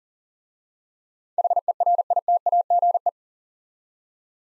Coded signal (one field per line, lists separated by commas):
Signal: Morse code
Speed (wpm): 38 wpm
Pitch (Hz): 700 Hz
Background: none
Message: HERITAGE